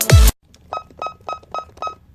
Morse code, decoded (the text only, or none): none